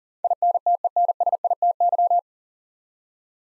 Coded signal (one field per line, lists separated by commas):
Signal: Morse code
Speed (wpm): 40 wpm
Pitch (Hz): 700 Hz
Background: none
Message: INTENSITY